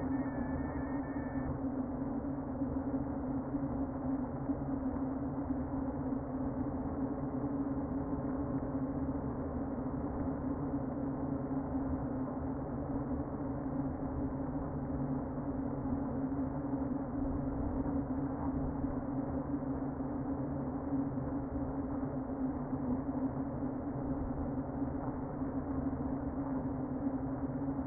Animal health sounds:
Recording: honeybee colony, microphone inside the hive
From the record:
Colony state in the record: queen present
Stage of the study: before two queens were removed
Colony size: about 60,000 bees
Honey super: yes

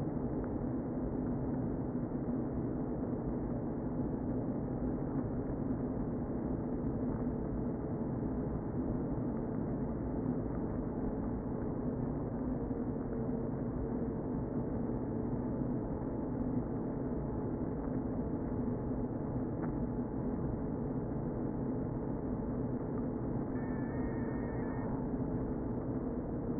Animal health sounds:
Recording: honeybee colony, microphone inside the hive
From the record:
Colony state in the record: queen present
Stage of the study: before two queens were removed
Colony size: about 60,000 bees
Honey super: yes

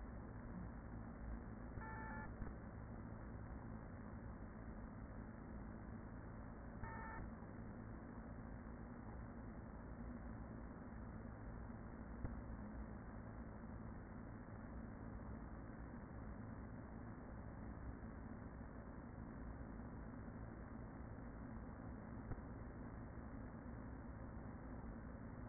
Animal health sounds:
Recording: honeybee colony, microphone inside the hive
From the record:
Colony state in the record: queen present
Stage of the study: after two queens were removed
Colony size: about 40,000 bees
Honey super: no

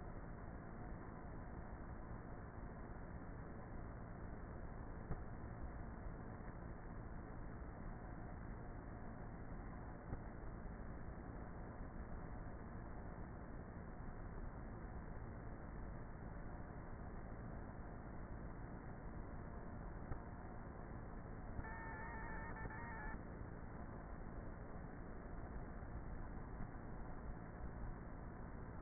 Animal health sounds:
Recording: honeybee colony, microphone inside the hive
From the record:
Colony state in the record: queenless with a low population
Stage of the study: before two queens were removed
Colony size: about 30,000 bees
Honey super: no

